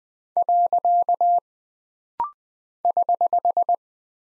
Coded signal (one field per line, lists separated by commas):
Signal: Morse code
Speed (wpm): 20 wpm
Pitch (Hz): 700 Hz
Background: none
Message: . <HH>